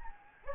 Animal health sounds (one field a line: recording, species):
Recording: mosquito wingbeat signal from an infrared sensor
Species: Anopheles gambiae